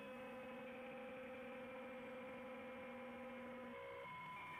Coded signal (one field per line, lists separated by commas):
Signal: PSK63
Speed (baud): 62.5 baud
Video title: M0KNM - RSGB 3.5MHz Club Championship Data Contests Livestream 11/02/26